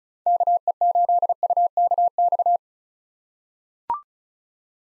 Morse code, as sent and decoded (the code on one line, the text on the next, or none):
-.- . ---.. ..- -.- -..-
KE8UKX